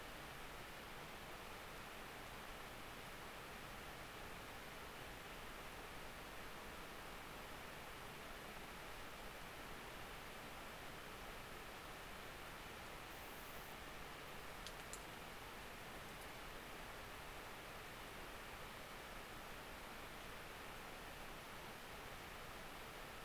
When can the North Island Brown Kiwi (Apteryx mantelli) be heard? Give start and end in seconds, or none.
none